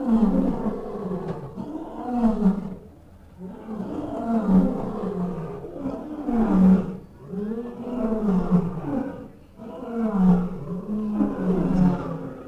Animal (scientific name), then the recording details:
Panthera leo. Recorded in captivity. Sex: male. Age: adult. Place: Tierpark Berlin, Berlin, DE. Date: 1959-08-20 18:15. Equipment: Reporter (Vollspur). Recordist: TSA